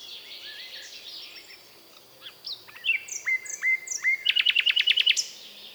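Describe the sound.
Common nightingale singing: a few thin whistles and short slurred notes, then a loud fast run of repeated notes near the end, over a faint background hiss.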